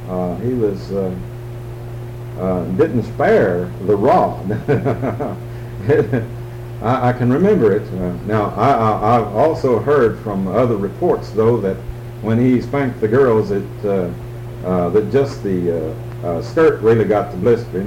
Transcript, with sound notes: he was--didn't spare the rod. (laughs) I can remember it. Now, I also heard from other reports, though, that when he spanked the girls it--that just the skirt really got the blistering.